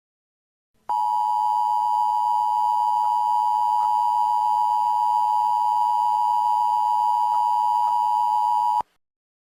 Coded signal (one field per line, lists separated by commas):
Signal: Emergency Alert System (SAME) tones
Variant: 853 and 960 Hz attention tone